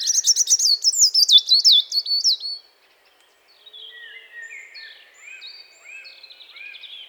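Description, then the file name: European robin song, opening with a loud, sweet phrase of quick wavering notes. After a brief silence come softer, thinner, drawn-out twittering notes. "Erithacus rubecula"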